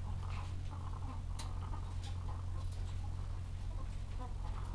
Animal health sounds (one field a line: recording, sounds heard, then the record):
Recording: poultry house recording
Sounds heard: sick chickens (respiratory disease)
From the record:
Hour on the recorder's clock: 13